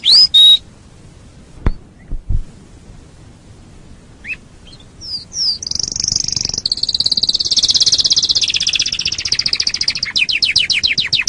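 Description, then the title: Canary song beginning after a few scattered chirps and clicks, building into a loud high buzzy roll and then a fast pulsed trill. "Kenari"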